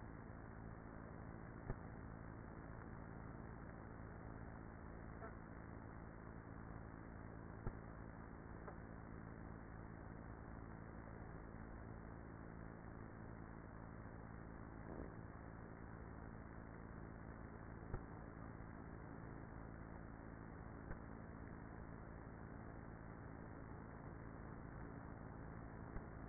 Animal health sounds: honeybee colony, microphone inside the hive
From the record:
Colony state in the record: queenless with a low population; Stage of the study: after two queens were removed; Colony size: about 30,000 bees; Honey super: no

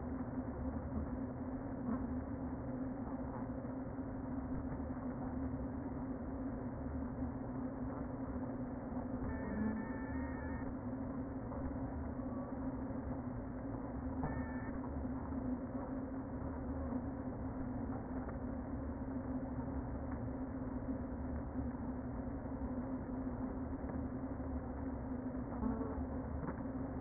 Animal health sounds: honeybee colony, microphone inside the hive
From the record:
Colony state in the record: queen present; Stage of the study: before two queens were removed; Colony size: about 60,000 bees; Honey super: yes

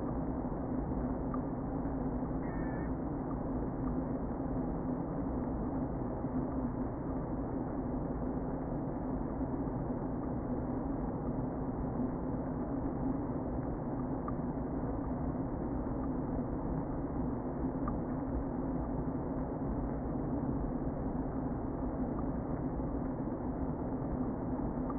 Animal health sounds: honeybee colony, microphone inside the hive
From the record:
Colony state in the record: queen present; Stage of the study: before two queens were removed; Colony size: about 60,000 bees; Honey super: yes

